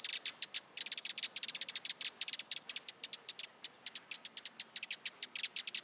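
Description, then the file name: Eurasian wren delivering fast bursts of high, clipped notes in short rattling runs, separated by tiny gaps, against a quiet background. Nominate subspecies Troglodytes troglodytes troglodytes. "Vogelstimme Zaunkoenig - Eurasian Wren - Troglodytes troglodytes troglodytes"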